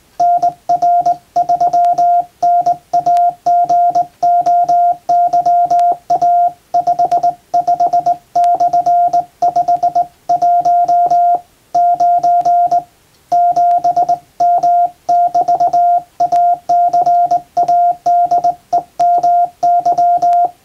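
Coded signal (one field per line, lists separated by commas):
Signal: Morse code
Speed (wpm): 20 wpm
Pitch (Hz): 700 Hz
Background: none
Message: NR3 NAGOYA 55/51 9 7M <BT> ACADEMY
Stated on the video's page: Morse practice sending international-alphabet telegrams on a JRC KY-3A professional straight key formerly used on ship stations.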